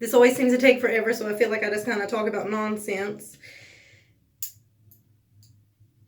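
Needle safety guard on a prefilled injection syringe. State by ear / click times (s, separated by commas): not seated / none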